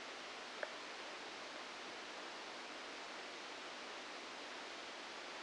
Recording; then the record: brain microelectrode recording played as sound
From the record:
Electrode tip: outside the subthalamic nucleus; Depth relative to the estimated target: 4 mm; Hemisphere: left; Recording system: NeuroSet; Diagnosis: Parkinson's disease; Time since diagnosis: 9 years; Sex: female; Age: 51 years